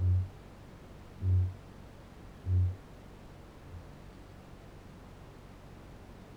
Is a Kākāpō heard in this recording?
yes